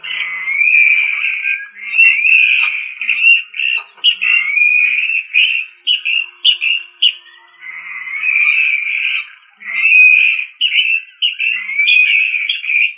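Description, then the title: Rail in a long bout of whistled calls, mixing drawn-out wavering notes with quick short ones, high-pitched with only short breaks. "LuckyFamilia RallidaeFrangoSama"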